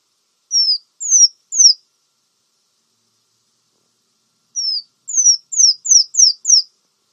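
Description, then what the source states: Brown-throated sunbird singing short high downslurred notes: a group of three, a pause of nearly three seconds, then six quicker notes. No other sounds. Known locally in Indonesian as kolibri kelapa; described as gacor, meaning singing actively and persistently.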